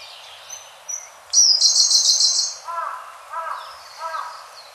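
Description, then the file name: Siberian blue robin song: high notes, then a loud, buzzy rapid trill for about a second, followed by three softer, lower repeated notes. "koruri"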